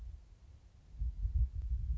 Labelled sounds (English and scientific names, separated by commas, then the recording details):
Western Meadowlark (Sturnella neglecta)
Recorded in Sonoma County, California